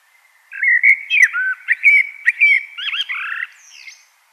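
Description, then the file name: Common blackbird song, a rapid string of mellow whistles and clicks running into a tangled, wavering passage and a thin high end note. "Turdus merula"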